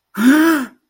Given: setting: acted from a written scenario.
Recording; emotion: vocal sound without words; negative surprise